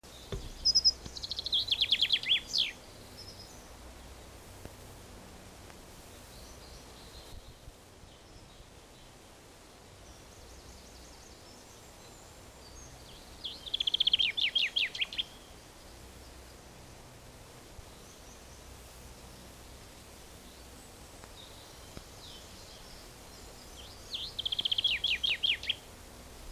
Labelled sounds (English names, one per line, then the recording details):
Common Chaffinch song
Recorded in the wild
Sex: male
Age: adult
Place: Bielefeld-Mitte, Nordrhein-Westfalen, DE
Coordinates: 52.0078, 8.54806
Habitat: residential district
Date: 1967
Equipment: Uher 4000 Report-S, Bändchenmikro Beyer M 260, Parabolspiegel Polyester (470 mm)
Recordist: Conrads, Klaus